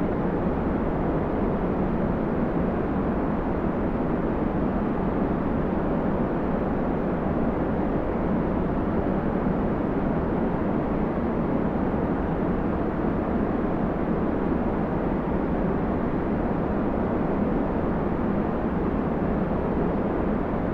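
White noise plays without pause for the whole clip, a dense, even hiss that never rises or falls. It sits low and rumbling, with a deep steady roar underneath and little brightness at the top, much like the drone inside a moving vehicle or aircraft.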